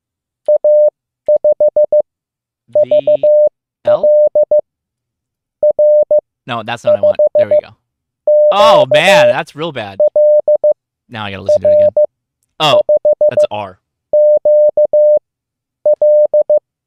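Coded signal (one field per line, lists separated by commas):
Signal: Morse code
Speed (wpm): 15 wpm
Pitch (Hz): 600 Hz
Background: speech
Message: A5V LR5Q LR5Q L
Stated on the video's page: Live Morse code practice session as part of learning CW, preparing for a SOTA activation.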